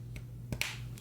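On the other side of a Warbotron WB-01B transforming robot figure, the hinged plastic panel is collapsed the same way as the first until the gap closes completely. A few faint ticks of handling surround a sharp, bright plastic snap at 0.6 s, the loudest sound in the clip. The second panel snaps home and is seated.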